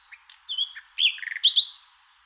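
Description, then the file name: Common nightingale singing a short phrase of mixed chirps, a quick stuttered trill, and two loud bright upslurred whistles at the end. "rossignol"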